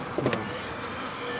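The end socket of a new liftgate gas strut is pushed onto the metal ball stud on the lower mount of a 2005-2009 Chevy Equinox / Pontiac Torrent, with the retaining clip left in place and a little pry from a screwdriver. A sharp pop at 0.3 s marks the socket seating onto the ball stud, and another brief sharp sound follows at 1.4 s.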